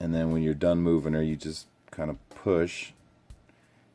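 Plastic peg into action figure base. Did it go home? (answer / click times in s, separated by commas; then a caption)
yes / 3.3 s, 3.5 s. Someone talks, then, after posing a Star Wars Episode 2 Attack of the Clones Zam Wesell action figure, pushes the small plastic peg on the figure's base back in. Two faint, sharp clicks are heard at 3.3 and 3.5 seconds as the peg snaps back into the base and seats.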